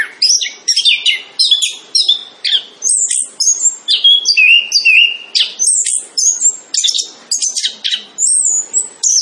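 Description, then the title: Orange-headed thrush song: rich, continuous warbling with rising and falling whistles, chattery notes and sliding phrases delivered rapidly without break. Singing persistently and energetically, described as 'gacor'; song praised as very good. "Anis Kembang Gacor. Kicau Anis Kembang Sangat Bagus"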